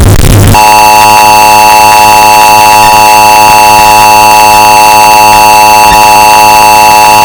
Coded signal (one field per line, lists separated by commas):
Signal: Emergency Alert System (SAME) tones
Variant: 853 and 960 Hz attention tone